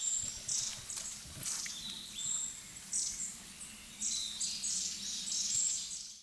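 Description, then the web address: Long-tailed tit calls: thin, high, twittering notes in loose bursts, some trilled, with a faint low rumble underneath. "bird song enaga"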